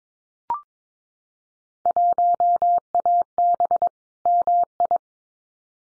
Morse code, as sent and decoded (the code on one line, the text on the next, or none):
.---- .- -... / -- ..
1AB MI